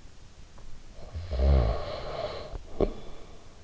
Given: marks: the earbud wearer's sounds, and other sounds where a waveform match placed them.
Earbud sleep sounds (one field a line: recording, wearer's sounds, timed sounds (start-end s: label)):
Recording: sounds in sleep by an in-ear microphone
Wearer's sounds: snoring breath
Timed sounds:
0.76-3.62 s: snoring breath